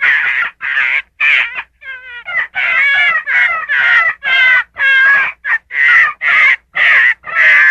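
Gray fox calls: a rapid series of raspy, harmonic yelps in short bursts, wavering up and down in pitch, with one brief clean whistled note near the middle.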